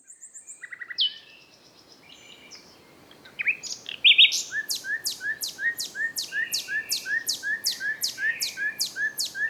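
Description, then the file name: Common nightingale song: scattered short notes and chirps, then a loud, steadily repeated series of sharp, whip-like notes. "Luscinia megarhynchos"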